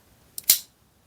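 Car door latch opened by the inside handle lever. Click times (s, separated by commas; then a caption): 0.5 s. A removed metal door latch from a C3 Corvette is released by operating its inside handle lever. A faint tick comes at about 0.4 s, then the latch pops open with a sharp, bright click at 0.5 s that fades quickly. The latch works fine.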